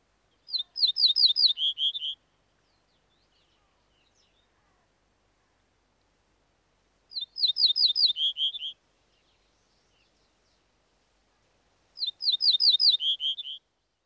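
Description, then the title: Ortolan bunting repeating its brief song three times: a run of clear high notes stepping down into lower, slightly buzzy notes, with silent pauses between. "Viikon luontoääni: Peltosirkku"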